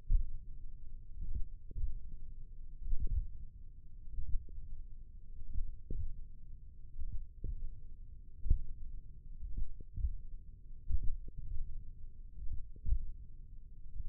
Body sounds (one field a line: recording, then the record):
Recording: forearm muscle sounds (acoustic myography)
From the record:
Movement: tripod grip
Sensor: system 1, eight BSWA MPA416 microphones around the upper forearm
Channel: 3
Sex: male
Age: 20 years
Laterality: left